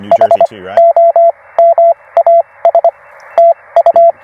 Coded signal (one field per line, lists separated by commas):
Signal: Morse code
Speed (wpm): 24 wpm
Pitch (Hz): 690 Hz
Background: radio noise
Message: HOMAS TU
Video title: Minimal Antenna for Maximum Results: POTA with Two 31’ Wires at Carolina Beach State Park!